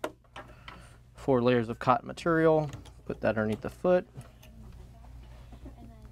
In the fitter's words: insert that bobbin case hear the click